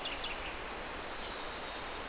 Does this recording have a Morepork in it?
no